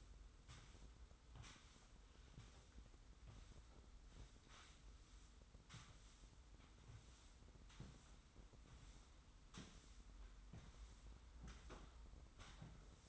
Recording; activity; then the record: daily activity, microphone in the room; sweep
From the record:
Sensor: 3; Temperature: 25.5 degrees Celsius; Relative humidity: 43.4%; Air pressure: 990.4 hPa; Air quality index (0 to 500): 196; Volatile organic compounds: 1000 ppm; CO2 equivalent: 6413 ppm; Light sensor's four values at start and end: 44/105/43/40 and 44/104/43/40